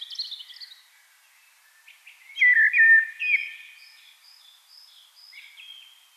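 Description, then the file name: Eurasian blackbird song: a brief high opening, a pause, then a short loud fluted warble followed by thin high twittering that fades away. "Turdus merula"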